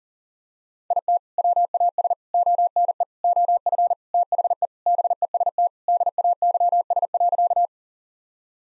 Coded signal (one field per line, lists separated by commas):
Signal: Morse code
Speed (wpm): 40 wpm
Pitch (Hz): 700 Hz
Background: none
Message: IT WAS ONE OF THE BEST DAYS.